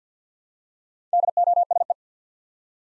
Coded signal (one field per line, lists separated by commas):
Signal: Morse code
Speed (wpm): 50 wpm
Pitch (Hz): 700 Hz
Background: none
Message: DOSE